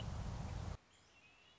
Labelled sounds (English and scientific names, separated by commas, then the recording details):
Red-winged Blackbird (Agelaius phoeniceus)
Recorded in Sonoma County, California